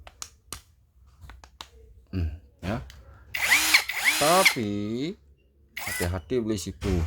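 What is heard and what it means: A bit is tightened by hand in the keyless chuck of a cordless drill, and sharp ratchet clicks sound at 0.1, 0.2, 0.5, 1.4 and 1.6 seconds as the chuck locks. Someone then talks over the rest of the clip.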